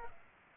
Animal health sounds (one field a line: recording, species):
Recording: mosquito wingbeat signal from an infrared sensor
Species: Culex pipiens